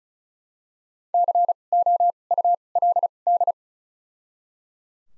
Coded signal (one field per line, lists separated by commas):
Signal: Morse code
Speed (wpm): 34 wpm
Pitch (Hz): 700 Hz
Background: none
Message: C O U L D